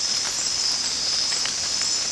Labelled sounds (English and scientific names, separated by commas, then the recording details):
none
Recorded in secondary vegetation near Puerto Asís, Putumayo, Colombia, on 29 June 2025 at 23:30
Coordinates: 0.484, -76.319
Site G074